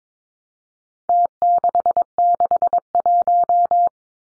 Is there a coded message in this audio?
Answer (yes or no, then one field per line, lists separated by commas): yes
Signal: Morse code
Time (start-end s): 1.1-3.9 s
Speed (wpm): 22 wpm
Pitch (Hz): 700 Hz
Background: none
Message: T661